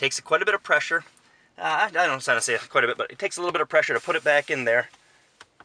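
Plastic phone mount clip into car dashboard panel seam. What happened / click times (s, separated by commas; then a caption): Handled, not yet home: plastic mount clip pressed toward the dash seam without seating / none. A plastic ProClip USA center mount (part 854889) for a 2013–2021 Volkswagen Golf GTI VII is being handled, its notched top edge hooked behind the dashboard panel and pressed into the seam with a little pressure. Someone talks throughout, with two faint short ticks near the end at about 5.4 and 5.6 seconds. The mount has not clicked or seated into the seam yet.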